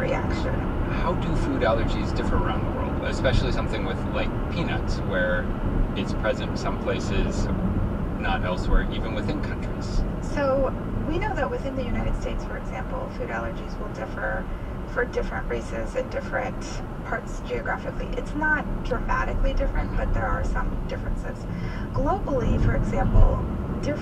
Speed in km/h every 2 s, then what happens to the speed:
97, 95, 85, 82, 76, 71, 66, 61, 60, 60, 60, 61.
0-14 slows to 61. 14-24 steady at about 60.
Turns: none.